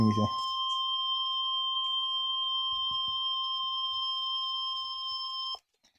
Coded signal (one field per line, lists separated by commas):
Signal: Emergency Alert System (SAME) tones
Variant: 1050 Hz attention tone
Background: speech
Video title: EAS 93 - Severe Thunderstorm Warning Pulaski Saline Counties Arkansas